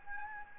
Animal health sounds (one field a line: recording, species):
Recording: mosquito wingbeat signal from an infrared sensor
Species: Anopheles gambiae